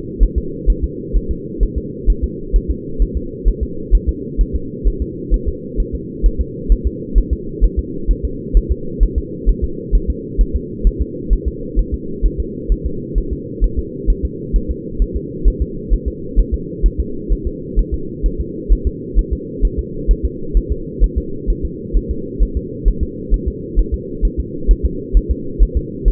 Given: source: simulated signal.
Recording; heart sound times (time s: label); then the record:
fetal heart sounds
0.23 s: S1
0.38 s: S2
0.70 s: S1
0.84 s: S2
1.16 s: S1
1.31 s: S2
1.63 s: S1
1.78 s: S2
2.10 s: S1
2.24 s: S2
2.56 s: S1
2.71 s: S2
3.02 s: S1
3.17 s: S2
3.48 s: S1
3.63 s: S2
3.95 s: S1
4.09 s: S2
4.41 s: S1
4.56 s: S2
4.88 s: S1
5.02 s: S2
5.34 s: S1
5.48 s: S2
5.80 s: S1
5.95 s: S2
6.26 s: S1
6.41 s: S2
6.72 s: S1
6.87 s: S2
7.18 s: S1
7.33 s: S2
7.64 s: S1
7.79 s: S2
8.11 s: S1
8.25 s: S2
8.57 s: S1
8.72 s: S2
9.03 s: S1
9.18 s: S2
9.49 s: S1
9.64 s: S2
9.95 s: S1
10.10 s: S2
10.41 s: S1
10.56 s: S2
10.87 s: S1
11.02 s: S2
11.33 s: S1
11.48 s: S2
11.79 s: S1
11.94 s: S2
12.26 s: S1
12.40 s: S2
12.72 s: S1
12.86 s: S2
13.18 s: S1
13.33 s: S2
13.64 s: S1
13.79 s: S2
14.10 s: S1
14.25 s: S2
14.56 s: S1
14.71 s: S2
15.02 s: S1
15.16 s: S2
15.48 s: S1
15.62 s: S2
15.93 s: S1
16.08 s: S2
16.39 s: S1
16.54 s: S2
16.86 s: S1
17.00 s: S2
17.32 s: S1
17.47 s: S2
17.79 s: S1
17.94 s: S2
18.26 s: S1
18.41 s: S2
18.72 s: S1
18.87 s: S2
19.19 s: S1
19.33 s: S2
19.65 s: S1
19.79 s: S2
20.11 s: S1
20.25 s: S2
20.57 s: S1
20.72 s: S2
21.04 s: S1
21.18 s: S2
21.50 s: S1
21.65 s: S2
21.97 s: S1
22.11 s: S2
22.43 s: S1
22.57 s: S2
22.88 s: S1
23.03 s: S2
23.34 s: S1
23.48 s: S2
23.79 s: S1
23.94 s: S2
24.25 s: S1
24.40 s: S2
24.71 s: S1
24.85 s: S2
25.17 s: S1
25.31 s: S2
25.62 s: S1
25.77 s: S2
26.08 s: S1
From the record:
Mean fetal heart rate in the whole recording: 130 bpm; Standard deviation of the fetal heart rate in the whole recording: 2 bpm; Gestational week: 36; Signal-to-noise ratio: -4.3 dB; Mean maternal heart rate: 72 bpm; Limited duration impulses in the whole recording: absent